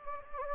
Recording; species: mosquito wingbeat signal from an infrared sensor; Anopheles gambiae